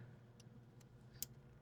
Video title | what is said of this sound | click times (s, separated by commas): How to Fix Coolant Valve Leak - Toyota Camry, RAV4 & Corolla Repair Tutorial - OrtoTech Garage | You can hear it click. | 1.2 s